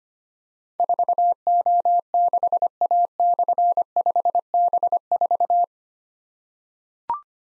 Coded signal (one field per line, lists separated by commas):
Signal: Morse code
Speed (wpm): 25 wpm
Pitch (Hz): 700 Hz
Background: none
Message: 4O6A/5B4